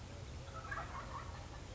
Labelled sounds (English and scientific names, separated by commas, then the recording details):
Wild Turkey (Meleagris gallopavo)
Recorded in Sonoma County, California